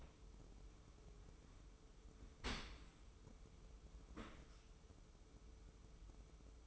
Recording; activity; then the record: daily activity, microphone in the room; open dishwasher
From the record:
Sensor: 1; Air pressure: 995.7 hPa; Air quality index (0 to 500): 57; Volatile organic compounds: 2 ppm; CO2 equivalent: 1106 ppm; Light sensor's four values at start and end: 31/108/42/43 and 31/108/42/43